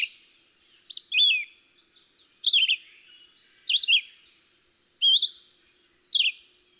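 Red-eyed Vireo song: a handful of clear whistled phrases, some rising sharply, some dropping, spaced one to two seconds apart with light hiss.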